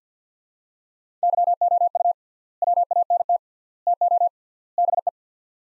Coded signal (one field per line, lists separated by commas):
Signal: Morse code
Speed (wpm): 50 wpm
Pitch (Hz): 700 Hz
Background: none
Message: YOU WANT TO BE